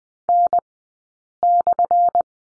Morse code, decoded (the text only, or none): N/